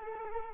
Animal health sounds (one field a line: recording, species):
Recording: mosquito wingbeat signal from an infrared sensor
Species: Culex quinquefasciatus